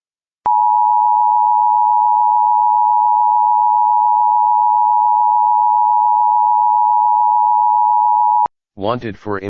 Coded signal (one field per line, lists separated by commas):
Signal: Emergency Alert System (SAME) tones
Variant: 853 and 960 Hz attention tone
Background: speech